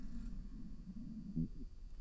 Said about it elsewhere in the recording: Yeah, that's my tummy. It's just rumbling. It's loud sound. I know. It's super loud.